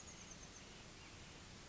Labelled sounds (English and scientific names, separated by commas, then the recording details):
Oak Titmouse (Baeolophus inornatus)
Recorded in Sonoma County, California